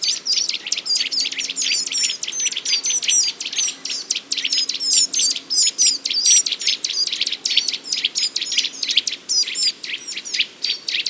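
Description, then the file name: Eurasian nuthatch calling in a dense, hurried stream of sharp, clipped notes, nearly continuous. "Sitta europaea"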